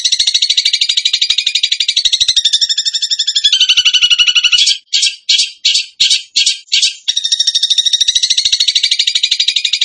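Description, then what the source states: Bird pouring out a long, dense, high trill that wavers in pitch, breaks into several sharp separate bursts, then returns to continuous fast trilling. Masteran training recording in the tembakan gacor style.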